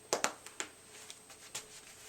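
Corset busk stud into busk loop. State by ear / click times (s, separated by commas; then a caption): seated / 0.1 s, 0.2 s, 0.6 s. A wearer fastens the metal busk on the front of a corset, pressing its studs through the eyelet loops. Sharp, short clicks sound at 0.1, 0.2 and 0.6 seconds, with fainter ticks after them. The studs are seated in the loops.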